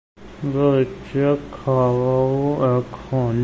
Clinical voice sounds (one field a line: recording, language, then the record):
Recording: elicited speech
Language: Bengali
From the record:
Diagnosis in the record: Broca's or global aphasia after a stroke